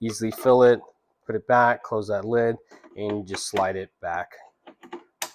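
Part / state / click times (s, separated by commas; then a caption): water tank into coffee machine / seated / 5.2 s. Someone talks while a refilled plastic water tank is slid back into the body of a De'Longhi Nespresso Vertuo coffee machine, with a few soft taps around 4.7–4.9 s. A sharp, loud snap at 5.2 s marks the tank locking into place, fully seated.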